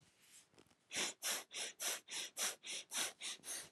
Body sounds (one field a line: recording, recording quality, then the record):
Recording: shallow breathing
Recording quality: excellent, no background noise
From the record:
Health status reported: healthy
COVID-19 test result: negative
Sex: male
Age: 24 years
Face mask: not worn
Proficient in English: yes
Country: India